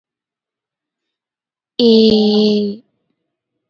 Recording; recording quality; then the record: sustained vowel as in made; excellent, no background noise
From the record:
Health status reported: healthy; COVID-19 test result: negative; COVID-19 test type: RT-PCR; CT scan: not taken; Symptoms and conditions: none ticked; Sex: female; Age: 21 years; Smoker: no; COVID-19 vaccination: both doses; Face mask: worn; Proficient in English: yes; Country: India